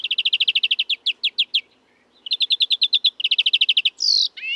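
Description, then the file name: European greenfinch calling: rapid chirping trills in several bursts, a short pause, more fast trills, then a harsh buzzy wheeze and a rising slurred note at the end. "Chloris chloris"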